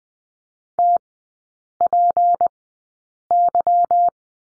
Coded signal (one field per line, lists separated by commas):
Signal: Morse code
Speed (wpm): 20 wpm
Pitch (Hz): 700 Hz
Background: none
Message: TPY